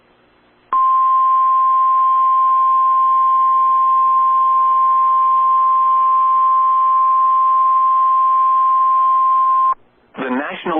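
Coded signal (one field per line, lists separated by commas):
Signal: Emergency Alert System (SAME) tones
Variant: 1050 Hz attention tone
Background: speech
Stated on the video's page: Tornado Warning received on NOAA Weather Radio.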